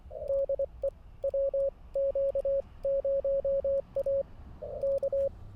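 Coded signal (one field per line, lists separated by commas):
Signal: Morse code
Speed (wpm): 24 wpm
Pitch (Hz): 550 Hz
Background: radio noise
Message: DE WQ0A K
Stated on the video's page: QRP Parks on the Air activation at 5 watts transmit power, with technical challenges.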